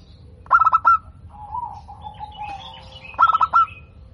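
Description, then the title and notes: Zebra dove song: two bursts of rapid, stuttering pulsed coos with a lower, wavering trill between them, over a steady low background hum. Local zebra dove, described as singing actively (gacor) with a clear, loud 'crystal' voice. "PERKUTUT LOKAL GACOR Suara KRISTAL LANTANG. Kicau Burung Perkutut"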